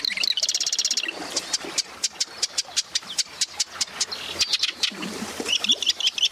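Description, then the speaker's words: Marsh wren song: dense buzzy trills and rapid mechanical clicking strokes, rattling bursts repeated. Marsh recording; four of its sounds included; only males sing, neighbouring males sing back and forth to define territory boundaries and settle disputes. "Let's listen in on a marsh to see if you can pick up on four sounds you might hear from a marsh wren."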